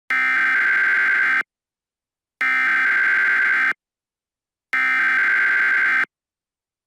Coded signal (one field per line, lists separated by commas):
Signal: Emergency Alert System (SAME) tones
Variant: header bursts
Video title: EAS Alert Mock Up.